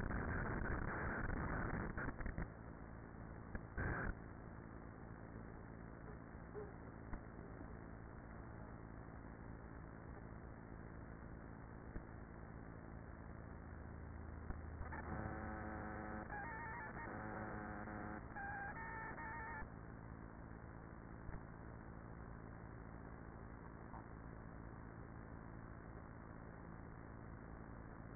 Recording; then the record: honeybee colony, microphone inside the hive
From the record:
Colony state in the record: queenless with a low population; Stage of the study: after two queens were removed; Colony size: about 30,000 bees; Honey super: no